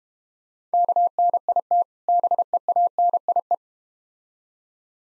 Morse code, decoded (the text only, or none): KNIT BEANIE